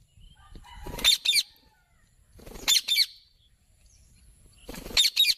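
Bird calls: three paired harsh, rasping bursts, each pair a quick double note, coming roughly every two seconds against a quiet background.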